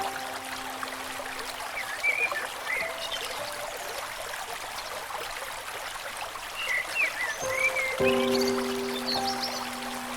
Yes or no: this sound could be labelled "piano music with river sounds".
yes